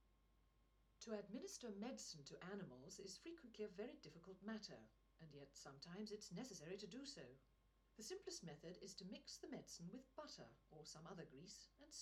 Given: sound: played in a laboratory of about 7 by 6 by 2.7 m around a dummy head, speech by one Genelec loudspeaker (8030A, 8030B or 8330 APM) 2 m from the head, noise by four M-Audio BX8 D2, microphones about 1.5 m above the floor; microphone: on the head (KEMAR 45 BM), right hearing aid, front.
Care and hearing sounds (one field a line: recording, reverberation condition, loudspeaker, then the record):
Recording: female speech in English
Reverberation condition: low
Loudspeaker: 120 degrees to the right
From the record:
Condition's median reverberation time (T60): about 310 ms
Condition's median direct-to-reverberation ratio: about 3.5 dB